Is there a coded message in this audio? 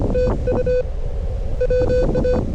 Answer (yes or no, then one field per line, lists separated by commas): yes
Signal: Morse code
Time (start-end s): 0.2-2.4 s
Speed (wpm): 26 wpm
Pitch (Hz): 500 Hz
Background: none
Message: TU WA